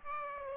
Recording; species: mosquito wingbeat signal from an infrared sensor; Aedes aegypti